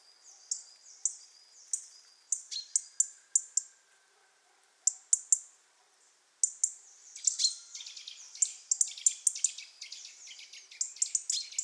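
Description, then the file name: European robin: evenly spaced sharp high chirps, a brief lull, then a denser, busier twittering stretch toward the end. "Erithacus rubecula"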